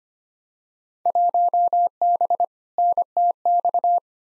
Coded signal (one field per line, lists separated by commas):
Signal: Morse code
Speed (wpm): 25 wpm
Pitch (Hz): 700 Hz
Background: none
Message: 1B NTX